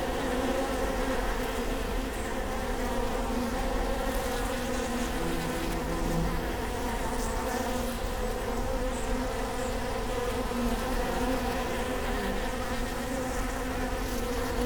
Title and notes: Prinzessinnengarten II, Hermannstraße, Berlin, Deutschland - bee hive. bee hive at Prinzessinnengarten